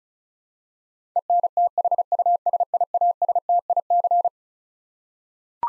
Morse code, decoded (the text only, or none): ENTHUSIASTIC